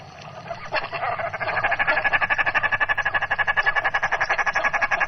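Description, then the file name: Common shelduck rapid cackling call, a fast run of harsh nasal pulses that builds louder and steadies. "Gravand"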